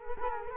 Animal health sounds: mosquito wingbeat signal from an infrared sensor; Culex quinquefasciatus

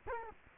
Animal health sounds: mosquito wingbeat signal from an infrared sensor; Culex quinquefasciatus

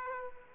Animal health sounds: mosquito wingbeat signal from an infrared sensor; Aedes aegypti

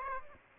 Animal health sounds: mosquito wingbeat signal from an infrared sensor; Aedes aegypti

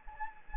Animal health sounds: mosquito wingbeat signal from an infrared sensor; Anopheles gambiae

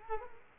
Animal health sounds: mosquito wingbeat signal from an infrared sensor; Culex quinquefasciatus

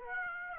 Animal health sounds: mosquito wingbeat signal from an infrared sensor; Aedes aegypti

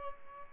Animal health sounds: mosquito wingbeat signal from an infrared sensor; Aedes albopictus

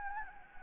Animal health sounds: mosquito wingbeat signal from an infrared sensor; Anopheles gambiae

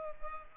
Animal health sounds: mosquito wingbeat signal from an infrared sensor; Culex pipiens

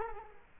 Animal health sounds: mosquito wingbeat signal from an infrared sensor; Culex quinquefasciatus

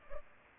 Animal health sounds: mosquito wingbeat signal from an infrared sensor; Culex pipiens

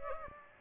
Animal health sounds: mosquito wingbeat signal from an infrared sensor; Aedes aegypti

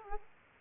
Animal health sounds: mosquito wingbeat signal from an infrared sensor; Aedes aegypti

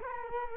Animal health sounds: mosquito wingbeat signal from an infrared sensor; Culex quinquefasciatus

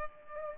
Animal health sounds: mosquito wingbeat signal from an infrared sensor; Culex pipiens

